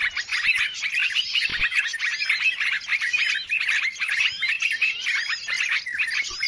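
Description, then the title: Birds chatter in quick bursts of chirps and curved whistled notes, the busy chorus rising and dipping in loudness. Chorus of noisy birds used as a lure sound to attract birds; many birds said to approach as soon as it is played. "Baru Diputar Dah Banyak Merapat! Suara Pikat Burung Ribut"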